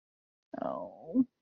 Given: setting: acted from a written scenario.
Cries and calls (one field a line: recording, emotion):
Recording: vocal sound without words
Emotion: sadness